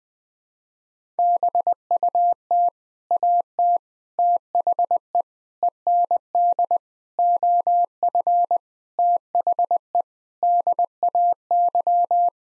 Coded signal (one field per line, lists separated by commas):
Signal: Morse code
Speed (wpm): 21 wpm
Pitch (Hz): 700 Hz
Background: none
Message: BUT AT THE END OF THE DAY